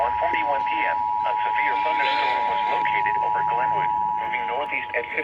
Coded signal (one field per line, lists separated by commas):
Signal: Emergency Alert System (SAME) tones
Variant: 853 and 960 Hz attention tone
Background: speech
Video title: EAS/NWR Alert or message #1259-1260: Severe Thunderstorm Warning #6 for 2023